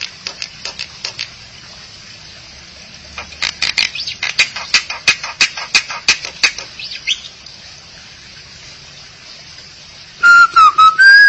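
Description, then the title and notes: Starling or myna calls: a long series of sharp ticking clicks at an uneven pace, followed by a few clear, slightly wavering whistled notes at the end. "suara burung jalak"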